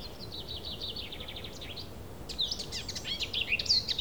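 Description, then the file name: Thrush song: a run of high, rapid twittering notes, then a louder burst of varied chirps and whistles over steady low background noise. A single thrush. "Birds single thrush"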